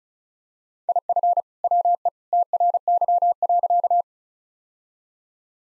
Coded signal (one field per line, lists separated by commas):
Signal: Morse code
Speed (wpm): 35 wpm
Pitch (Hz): 700 Hz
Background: none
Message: IF WE TRY.